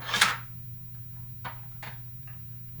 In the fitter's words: It'll just kind of snap into place